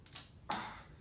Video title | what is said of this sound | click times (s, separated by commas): JJRC H69 “Leaper” 5.8ghz Entry Level Drone - Unboxing & First Look | Clicks into place like that. | 0.1 s, 0.2 s